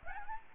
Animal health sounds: mosquito wingbeat signal from an infrared sensor; Aedes aegypti

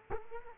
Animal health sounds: mosquito wingbeat signal from an infrared sensor; Culex quinquefasciatus

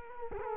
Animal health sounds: mosquito wingbeat signal from an infrared sensor; Culex quinquefasciatus

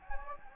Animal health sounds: mosquito wingbeat signal from an infrared sensor; Anopheles gambiae

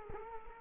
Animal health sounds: mosquito wingbeat signal from an infrared sensor; Culex quinquefasciatus

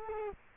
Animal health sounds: mosquito wingbeat signal from an infrared sensor; Culex quinquefasciatus

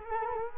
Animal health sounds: mosquito wingbeat signal from an infrared sensor; Culex quinquefasciatus

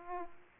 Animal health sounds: mosquito wingbeat signal from an infrared sensor; Aedes aegypti

